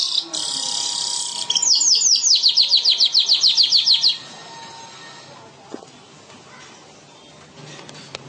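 Bird song opening with a high buzzy burst, then a quick sequence of repeated downslurred whistled notes, followed by quiet background noise.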